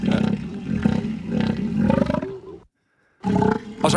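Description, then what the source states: Elephant seal giving a deep pulsed roar, throbbing bursts at a steady beat, a brief silence, then the pulsing resumes. Played recording of an elephant seal; individuals have their own distinct sounds, likened to a tractor struggling to start.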